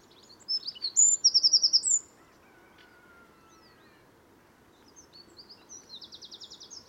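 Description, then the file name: Eurasian wren song: a loud, rapid high-pitched trill for about a second, then a pause and quieter fast trilling phrases toward the end. "Troglodytes troglodytes"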